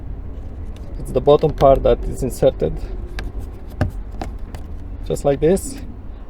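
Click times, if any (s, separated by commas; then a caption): none. A plastic door panel trim piece for a 2001–2009 Volvo S60, V70 or XC70 is handled and positioned against the car door by finger while someone talks. Short sharp ticks occur around 3.2, 3.8, 4.2 and 4.6 seconds, but the part has not yet seated or snapped into place.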